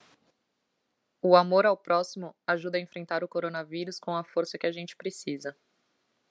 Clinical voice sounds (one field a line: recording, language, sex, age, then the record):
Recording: spoken sentence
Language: Brazilian Portuguese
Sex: female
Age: 20 to 29 years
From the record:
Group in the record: control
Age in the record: 25 years